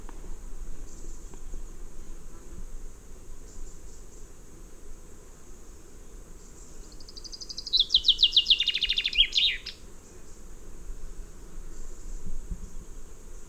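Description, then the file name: Common chaffinch song: one bright descending rattle of rapid notes ending in a short flourish, lasting about two seconds, over a steady high hiss and low rumble. "Fringilla coelebs"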